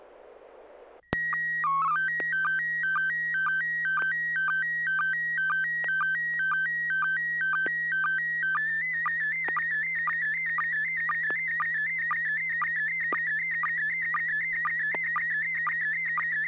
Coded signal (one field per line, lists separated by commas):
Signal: SSTV (slow-scan television)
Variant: PD 120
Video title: N6NA SSTV Net - 01/03/2024